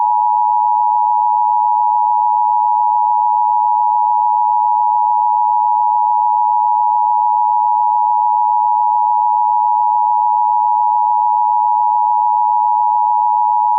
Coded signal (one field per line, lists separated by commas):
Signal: Emergency Alert System (SAME) tones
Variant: 853 and 960 Hz attention tone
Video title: EAS Scenario #1 - The Moon Is Falling